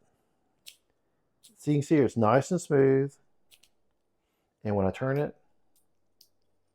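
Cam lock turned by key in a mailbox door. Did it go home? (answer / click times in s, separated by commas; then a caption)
yes / 6.2 s. Someone talks while a key turns in a small metal WOOCH cabinet cam lock, rated for a 3/8-inch maximum panel thickness and installed in a mailbox door. The cam rotates smoothly and locks into position with a sharp click at 6.2 s. The result is a good, solid lock that works well.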